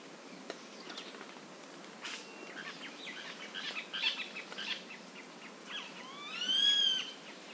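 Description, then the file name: Eurasian jay call: a single clear, arched note with stacked harmonics near the end, after scattered soft chirps and a few clicks. "Garrulus glandarius"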